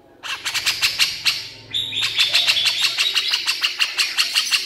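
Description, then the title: Horsfield's bush lark song: fast series of sharp, buzzy high notes repeated several times a second, a brief pause, then a longer run of the same rapid chattering notes. Very vigorous song used as a training recording (masteran) for cage birds. "MASTERAN AMPUH KICAUAN BRANJANGAN SUPER GACOR"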